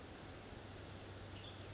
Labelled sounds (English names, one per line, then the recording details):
Western Tanager
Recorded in Sonoma County, California